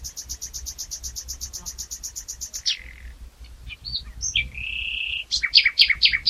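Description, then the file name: Common nightingale song opening with a long run of fast, evenly repeated high notes, then a sliding whistle, a sustained note and a burst of varied chirps. "Luscinia megarhynchos"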